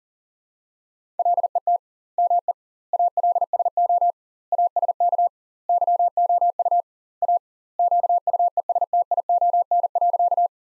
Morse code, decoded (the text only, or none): LET ME ALSO ASK YOU A QUESTION.